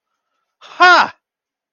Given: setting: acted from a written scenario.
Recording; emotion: vocal sound without words; realization